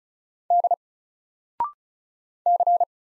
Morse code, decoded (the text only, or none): D C